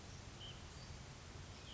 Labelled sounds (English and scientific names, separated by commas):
White-breasted Nuthatch (Sitta carolinensis)